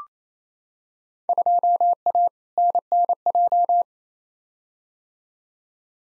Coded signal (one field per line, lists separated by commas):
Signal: Morse code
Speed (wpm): 27 wpm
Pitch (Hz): 700 Hz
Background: none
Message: 2A NNJ